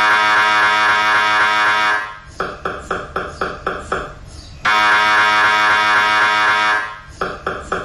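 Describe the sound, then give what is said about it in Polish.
Loud noise of a magnetic resonance (MRI) scanner on which a brain tumour was diagnosed: a sustained, harsh electronic buzzing tone alternates with bursts of rapid, rhythmic mechanical knocking pulses, repeating in the same pattern twice. “Oto dźwięk rezonansu magnetycznego, na którym rozpoznano guza mózgu.”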